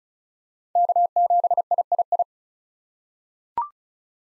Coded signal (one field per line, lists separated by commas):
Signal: Morse code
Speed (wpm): 36 wpm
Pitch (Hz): 700 Hz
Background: none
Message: K7III